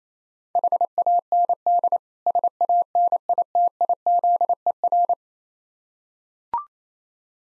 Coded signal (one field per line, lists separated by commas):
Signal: Morse code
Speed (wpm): 27 wpm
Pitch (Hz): 700 Hz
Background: none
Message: HAND SANITIZER